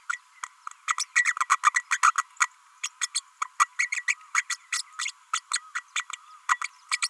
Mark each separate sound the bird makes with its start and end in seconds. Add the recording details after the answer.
0.09-0.19, 0.87-0.95, 1.24-1.35, 1.49-1.58, 1.63-1.73, 1.74-1.83, 1.91-2.00, 2.02-2.14, 2.17-2.24, 2.40-2.48, 2.83-2.89, 3.01-3.08, 3.14-3.20, 3.59-3.67, 3.78-3.90, 3.92-4.04, 4.07-4.16, 4.34-4.44, 4.49-4.56, 4.72-4.82, 4.98-5.11, 5.33-5.41, 5.53-5.61, 5.75-5.83, 5.96-6.05, 6.49-6.59, 6.61-6.68, 6.91-7.00, 7.02-7.09. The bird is a female. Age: 32 days. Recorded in a nest box in Venezuela. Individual 17B32A5